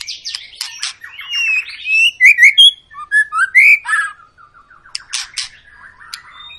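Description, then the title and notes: White-rumped shama song with bright whistled slurs and loud buzzy notes in the middle, then softer trailing chatter and a few sharp clicks. Long lure song of an actively singing (gacor) white-rumped shama, played to prompt other birds to sing. "Pancingan Murai Batu Gacor Panjang. muraiku"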